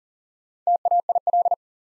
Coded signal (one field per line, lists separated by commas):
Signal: Morse code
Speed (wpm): 42 wpm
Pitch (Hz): 700 Hz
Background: none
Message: TAIL